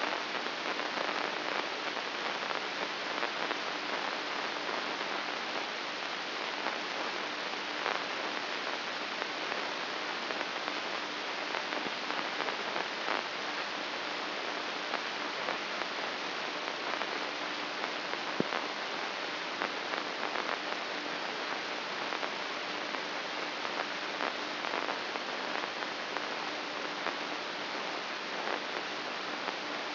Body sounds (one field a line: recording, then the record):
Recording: brain microelectrode recording played as sound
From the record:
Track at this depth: inside the subthalamic nucleus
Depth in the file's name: 6.216 mm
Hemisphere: left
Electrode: 2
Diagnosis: Parkinson's disease